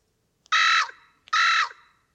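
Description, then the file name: Carrion crow calling twice, rasping drawn-out caws separated by a short pause, otherwise quiet. "Corvus corone"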